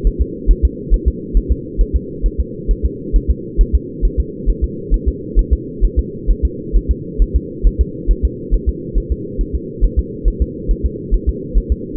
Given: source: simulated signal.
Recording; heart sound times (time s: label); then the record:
fetal heart sounds
0.07 s: S1
0.22 s: S2
0.51 s: S1
0.65 s: S2
0.94 s: S1
1.08 s: S2
1.37 s: S1
1.52 s: S2
1.81 s: S1
1.96 s: S2
2.26 s: S1
2.40 s: S2
2.71 s: S1
2.85 s: S2
3.16 s: S1
3.31 s: S2
3.61 s: S1
3.75 s: S2
4.05 s: S1
4.20 s: S2
4.50 s: S1
4.64 s: S2
4.94 s: S1
5.08 s: S2
5.39 s: S1
5.53 s: S2
5.85 s: S1
5.99 s: S2
6.31 s: S1
6.45 s: S2
6.76 s: S1
6.91 s: S2
7.22 s: S1
7.36 s: S2
7.67 s: S1
7.81 s: S2
8.11 s: S1
8.25 s: S2
8.54 s: S1
8.69 s: S2
8.98 s: S1
9.12 s: S2
9.41 s: S1
9.55 s: S2
9.84 s: S1
9.99 s: S2
10.28 s: S1
10.42 s: S2
10.71 s: S1
10.86 s: S2
11.14 s: S1
11.29 s: S2
11.58 s: S1
11.72 s: S2
From the record:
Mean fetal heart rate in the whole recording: 135 bpm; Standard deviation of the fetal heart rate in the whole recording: 3 bpm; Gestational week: 36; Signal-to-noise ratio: -4.1 dB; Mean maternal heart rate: no maternal heart sound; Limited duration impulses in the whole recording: absent